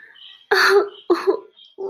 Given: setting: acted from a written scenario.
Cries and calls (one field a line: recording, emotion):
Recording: vocal sound without words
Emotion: sadness